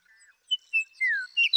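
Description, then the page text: Western meadowlark song: short clear whistles, one sliding downward, then a brighter note; the phrase is cut off at the end. Male singing in Sierra Valley, eastern California, in 2018. "Birdsong for the Curious Naturalist. The joy of western meadowlark songs. Sierra Valley in eastern California"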